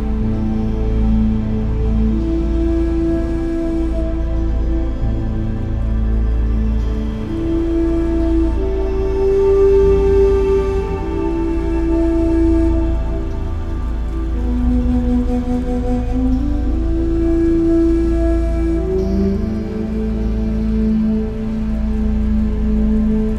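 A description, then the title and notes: Slow, relaxing music with long held notes drifts through a gentle melody in the low and middle range, changing pitch every few seconds. Beneath it runs a steady soft wash of ocean wave sound, swelling and easing slightly without sharp breaks. Enjoy 10 minutes of relaxing music mixed with ocean wave sounds.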